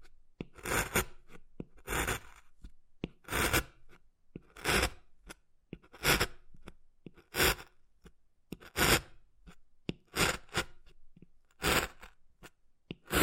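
Wood being carved with regular rasping scrapes about every second and a half, each bright and gritty, separated by short quiet gaps.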